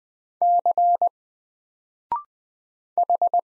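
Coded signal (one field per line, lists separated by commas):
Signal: Morse code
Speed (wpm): 20 wpm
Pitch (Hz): 700 Hz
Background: none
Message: C H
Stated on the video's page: Morse code drill of single letters at 20 wpm, each letter sent, then spoken after a 0.6 second pause, then sent again.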